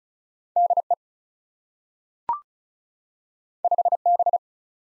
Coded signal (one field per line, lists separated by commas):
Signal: Morse code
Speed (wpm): 36 wpm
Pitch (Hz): 700 Hz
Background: none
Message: D E 5 B